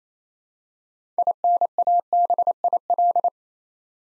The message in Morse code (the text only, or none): INABIL